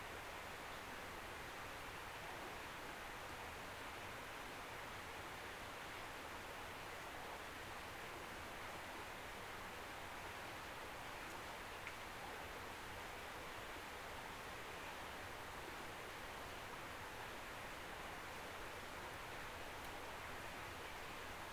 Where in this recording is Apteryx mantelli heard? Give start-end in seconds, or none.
none